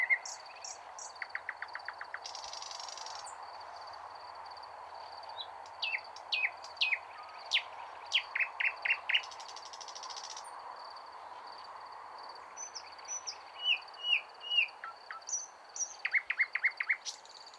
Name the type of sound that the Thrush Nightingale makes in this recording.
song